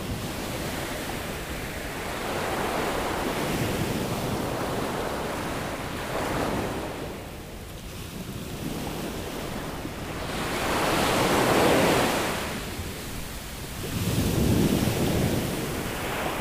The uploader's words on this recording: By the Sea. You sit down near the waves and watch the place where water meets shore. The sounds of the sea.